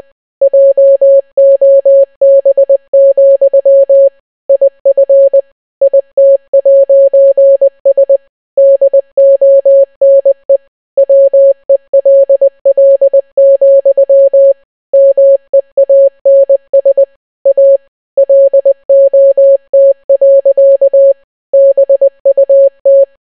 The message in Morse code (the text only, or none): JOB, IF IT'S DONE WELL, MEANS A LOT. BUT